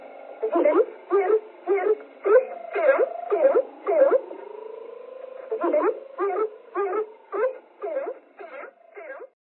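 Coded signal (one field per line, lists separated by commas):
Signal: numbers station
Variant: G11, German voice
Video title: Zahlensender / Number Station G11 - Strich - 23.05.1980 - 744 / 000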